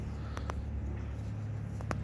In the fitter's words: These clips have two heads, one facing up and one facing down. You have to pop both of those off.